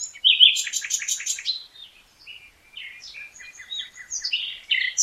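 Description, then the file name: Common nightingale singing a fast rhythmic rattle of repeated notes followed by softer varied chirps and whistles. "Luscinia megarhynchos"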